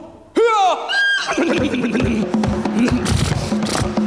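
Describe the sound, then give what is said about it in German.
A human voice mimics the whinny of hurrying coach horses, starting with a sharp rising squeal and breaking into a long, wavering, quavering neigh that trails off into rough, breathy sputtering. “Und die Pferde beeilen sich.”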